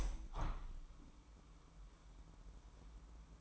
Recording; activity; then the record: daily activity, microphone in the room; open window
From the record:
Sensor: 1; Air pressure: 998.6 hPa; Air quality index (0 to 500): 130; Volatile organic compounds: 4 ppm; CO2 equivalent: 1566 ppm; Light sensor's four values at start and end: 9/21/9/10 and 9/22/9/11